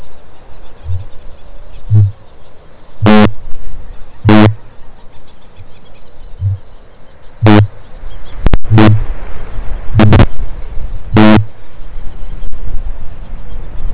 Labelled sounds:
Kākāpō boom

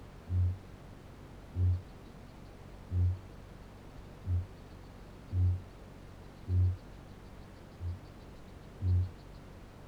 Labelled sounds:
Kākāpō boom

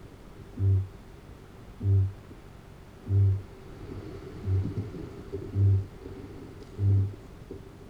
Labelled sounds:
Kākāpō boom

